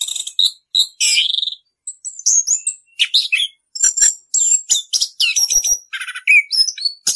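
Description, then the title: Orange-headed thrush song with clear whistled notes opening, then fast varied chattering and twittering phrases packed closely together. Song style called ngerol, a rolling continuous delivery; used as a masteran, a training recording for caged songbirds. "Anis Kembang 9. suara anis kembang ngerol"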